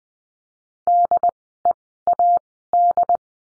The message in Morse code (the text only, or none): DEAD